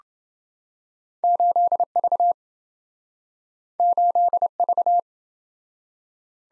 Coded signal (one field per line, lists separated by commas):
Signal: Morse code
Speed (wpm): 27 wpm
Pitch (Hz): 700 Hz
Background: none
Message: 8V 8V